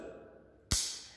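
An ER20 collet is pressed by hand into the clamping nut of a Hertz HMB140 2.2 kW, 18000 rpm ER20 spindle motor, with the nut to be tightened with a wrench afterward. After a quiet, low background, a single sharp, bright click sounds at 0.7 s and then fades. The collet is seated in the nut, which is done so the motor does not run out of balance.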